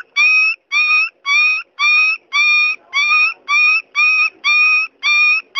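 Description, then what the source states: Dog whining in steady, pure-toned cries, repeated about twice per second in a regular series, against silence. Dog crying.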